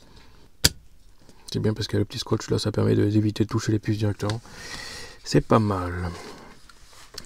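A second SO-DIMM memory module is pushed into the upper memory slot of an Intel NUC8I7BEH mini PC and pressed down until its clips snap, giving a loud click at 0.6 s that seats it. Someone then talks, with a few faint clicks near the end.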